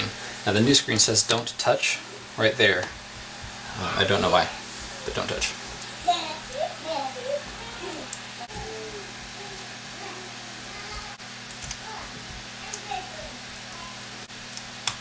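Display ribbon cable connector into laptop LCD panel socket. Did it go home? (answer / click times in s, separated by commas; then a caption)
no / none. Someone talks while handling the display ribbon cable connector at the socket on the back of a new LCD panel for an Acer Aspire V Nitro VN7-591G-792U laptop. After the talking, quiet handling and a few faint ticks follow. Nothing has seated or clicked yet.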